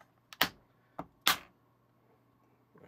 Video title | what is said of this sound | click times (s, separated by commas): Crayola Marker Maker Kit - Create Custom Colors & Make Your Own Markers | And then again, the clicks. You're going to hear the clicks. | 0.4 s, 1.3 s